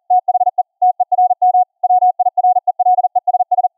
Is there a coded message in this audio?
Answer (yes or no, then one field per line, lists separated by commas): yes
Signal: Morse code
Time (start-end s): 0.1-3.7 s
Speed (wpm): 40 wpm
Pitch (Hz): 730 Hz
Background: none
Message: THE TERM WIRELESS